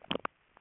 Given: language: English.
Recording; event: throat vibration sensor signal played as sound; swallow